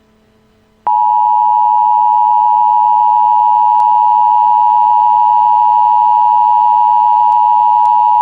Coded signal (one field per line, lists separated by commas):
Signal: Emergency Alert System (SAME) tones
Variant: 853 and 960 Hz attention tone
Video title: Vernshot - An EAS Mock Scenario